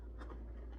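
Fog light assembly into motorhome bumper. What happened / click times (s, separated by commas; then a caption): The plastic light housing is being handled but has not snapped in yet / none. A fog light assembly, its tabs lined up, is handled against the front bumper trim of a motorhome, giving faint scraping and rubbing over a steady low hum. Nothing has seated or clicked yet; the unit is not yet home.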